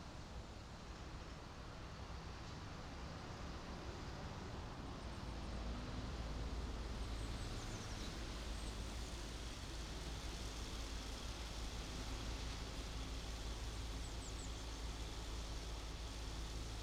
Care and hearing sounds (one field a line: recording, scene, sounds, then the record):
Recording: everyday scene through a hearing-aid microphone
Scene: in traffic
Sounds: traffic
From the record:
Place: main city hub, rush hour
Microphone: in the ear canal, right